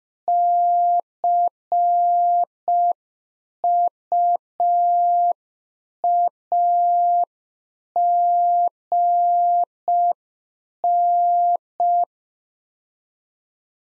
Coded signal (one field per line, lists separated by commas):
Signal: Morse code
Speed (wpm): 5 wpm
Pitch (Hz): 700 Hz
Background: none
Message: CUAGN